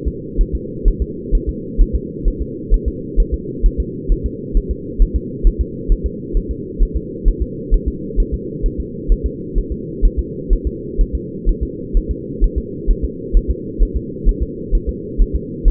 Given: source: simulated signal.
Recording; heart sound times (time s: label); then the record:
fetal heart sounds
0.08 s: S2
0.41 s: S1
0.55 s: S2
0.88 s: S1
1.02 s: S2
1.35 s: S1
1.49 s: S2
1.81 s: S1
1.95 s: S2
2.28 s: S1
2.42 s: S2
2.74 s: S1
2.88 s: S2
3.20 s: S1
3.34 s: S2
3.66 s: S1
3.80 s: S2
4.12 s: S1
4.26 s: S2
4.57 s: S1
4.71 s: S2
5.02 s: S1
5.16 s: S2
5.47 s: S1
5.61 s: S2
5.92 s: S1
6.06 s: S2
6.37 s: S1
6.51 s: S2
6.83 s: S1
6.97 s: S2
7.28 s: S1
7.42 s: S2
7.74 s: S1
7.88 s: S2
8.20 s: S1
8.34 s: S2
8.66 s: S1
8.80 s: S2
9.12 s: S1
9.26 s: S2
9.58 s: S1
9.72 s: S2
10.05 s: S1
10.19 s: S2
10.53 s: S1
10.67 s: S2
11.01 s: S1
11.15 s: S2
11.49 s: S1
11.63 s: S2
11.97 s: S1
12.11 s: S2
12.44 s: S1
12.58 s: S2
12.91 s: S1
13.05 s: S2
13.37 s: S1
13.51 s: S2
13.82 s: S1
13.97 s: S2
14.29 s: S1
14.43 s: S2
14.75 s: S1
14.89 s: S2
15.22 s: S1
15.35 s: S2
15.68 s: S1
From the record:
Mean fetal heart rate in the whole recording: 130 bpm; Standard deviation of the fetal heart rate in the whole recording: 4 bpm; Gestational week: 38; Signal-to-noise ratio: -4.1 dB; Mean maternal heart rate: no maternal heart sound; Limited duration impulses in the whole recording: absent